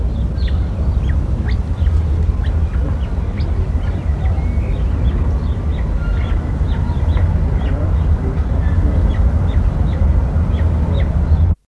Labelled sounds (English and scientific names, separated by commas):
Palawan Peacock-Pheasant (Polyplectron napoleonis) call